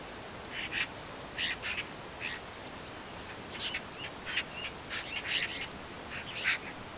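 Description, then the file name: Eurasian magpie uttering scattered harsh rasps alongside thin descending whistled notes, spaced unevenly over several seconds against steady background hiss. "Pica pica"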